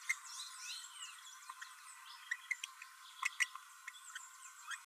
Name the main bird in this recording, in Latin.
Forpus passerinus